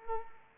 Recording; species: mosquito wingbeat signal from an infrared sensor; Anopheles arabiensis